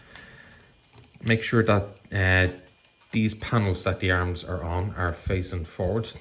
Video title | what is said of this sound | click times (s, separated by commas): It's scramble city Power of the primes Superion | Then you bring the combined mode head down until you hear it click into place. | 0.2 s